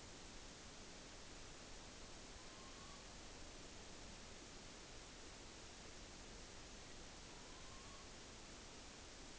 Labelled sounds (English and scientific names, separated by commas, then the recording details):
Morepork (Ninox novaeseelandiae) trill
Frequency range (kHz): Morepork (Ninox novaeseelandiae) 0.8-4.9 kHz
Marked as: faintness 4/5
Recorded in New Zealand on 9 October 2013
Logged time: 17:00
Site Ponui